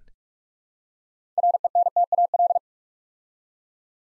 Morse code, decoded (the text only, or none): RENTAL